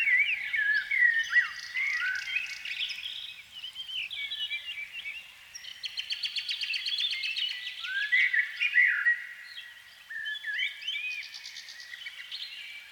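Canary song, a rich continuous warble mixing rapid trills, buzzy rolls and sweeping whistled notes.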